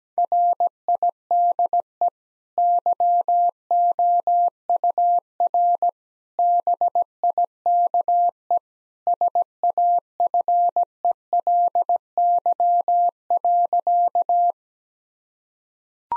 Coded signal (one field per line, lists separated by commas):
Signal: Morse code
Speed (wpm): 17 wpm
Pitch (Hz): 700 Hz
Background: none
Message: RIDE YOUR BIKE SAFELY.